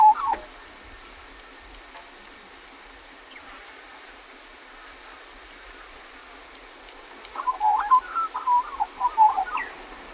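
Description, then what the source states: Australian magpie giving a brief note, then a long pause before a short phrase of quick warbled, flute-like notes jumping up and down in pitch. Black-backed form of the Australian magpie.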